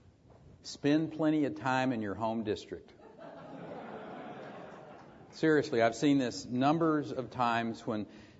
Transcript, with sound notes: spend plenty of time in your home district.
[Laughter]
Seriously, I’ve seen this numbers of times when